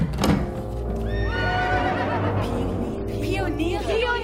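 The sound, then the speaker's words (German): A horse lets out a long, high, quavering whinny that rises and then trembles downward, followed moments later by a shorter, breathier neigh over a steady low rumble. “Jetzt lass uns den Mond ansehen, vom Fenster aus. Und dem Pferd winken.”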